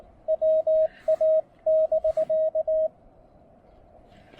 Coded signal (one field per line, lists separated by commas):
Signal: Morse code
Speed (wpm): 19 wpm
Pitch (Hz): 590 Hz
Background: radio noise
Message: WA<BK>